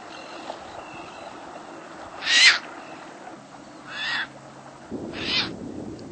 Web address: cotor. Caspian Tern